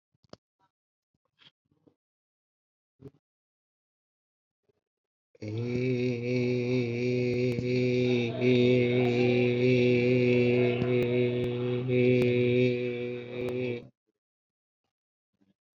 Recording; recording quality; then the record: sustained vowel as in made; excellent, no background noise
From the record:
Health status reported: COVID-19 positive, mild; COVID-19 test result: positive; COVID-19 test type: RT-PCR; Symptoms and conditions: cough, diabetes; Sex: male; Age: 60 years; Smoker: no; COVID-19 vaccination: both doses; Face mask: not worn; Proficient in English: yes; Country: India